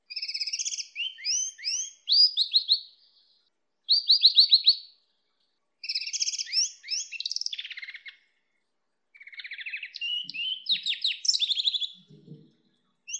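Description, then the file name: Greenfinch x canary hybrid song: high twittering trills and buzzy notes in repeated bursts, with a few faint low sounds near the end. "hibrid greenfinch kenari omkicau"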